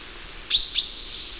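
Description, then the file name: Common chaffinch giving two quick, sharp, high-pitched metallic call notes in close succession, followed by a lingering thin ring, nothing else audible. "Fringilla coelebs"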